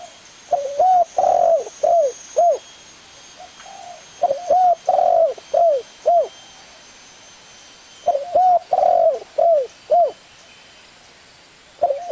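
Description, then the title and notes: Spotted Dove cooing in three rhythmic phrases of several hollow notes, the last ones short and arched, with a fourth phrase starting at the end. Lure calls used to attract the birds. "Pikat Burung Tekukur. suara burung tekukur"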